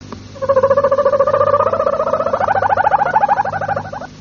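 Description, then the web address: Harz Roller canary song: a low, continuous rolling trill of rapid pulses that shifts and rises slightly in pitch, lasting nearly four seconds. Harz roller song type. "canarios cantoharz"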